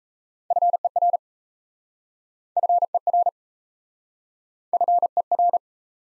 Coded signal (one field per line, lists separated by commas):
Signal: Morse code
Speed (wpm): 38 wpm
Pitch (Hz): 700 Hz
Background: none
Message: FER FER FER